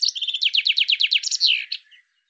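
Bird song beginning mid-phrase with rapid chirping notes, then a run of loud downward-slurred strokes and a final slurred flourish, followed by silence.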